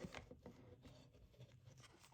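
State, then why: Seated. A replacement foam ear pad cushion with a plastic mounting ring is pressed onto the ear cup of a Razer Opus X ANC headphone, upgraded CS XL version, to snap it in place. Over low rubbing and handling noise, a sharp snap is heard at 0.2 seconds. Softer knocks come at about 0.5 and 2.0 seconds, and the cushion ring seats.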